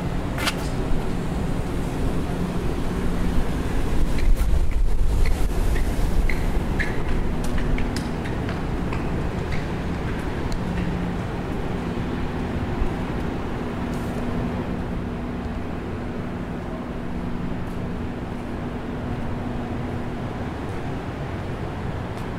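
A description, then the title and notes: A walk through McGill University's downtown campus, carried by a steady low rumble of traffic with a faint hum holding underneath. Scattered short clicks and taps, likely footsteps and small knocks, come through mostly in the first half, with a louder thump around five seconds. A walk through the familiar downtown campus of McGill University. The quiet and relaxing atmosphere of a sunny summer afternoon.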